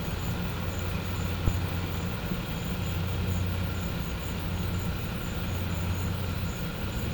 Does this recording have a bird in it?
no